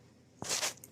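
A rubber spark plug boot is pushed onto the terminal of a new spark plug on a RYOBI RY09056 two-stroke leaf blower engine, after the plug was tightened snug plus a quarter turn. A sharp click at 0.4 s is followed by a brief bright rustle, then two small ticks near 0.8 s. The boot snaps on and is seated.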